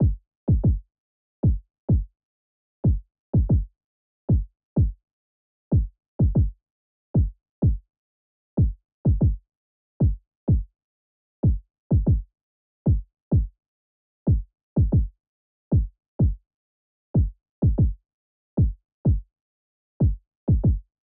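Dull, low thuds repeat steadily at about 126 beats a minute, in a lilting three-four pattern of paired and single beats, with silence in between. The sound is a rapid, regular heartbeat with no added noises.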